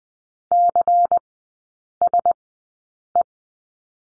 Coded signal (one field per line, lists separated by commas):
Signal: Morse code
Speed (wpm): 20 wpm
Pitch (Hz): 700 Hz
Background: none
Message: CSE